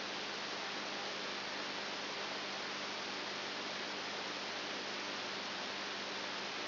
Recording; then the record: brain microelectrode recording played as sound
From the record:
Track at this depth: outside the subthalamic nucleus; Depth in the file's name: 7.5 mm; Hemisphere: right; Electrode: 2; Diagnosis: Parkinson's disease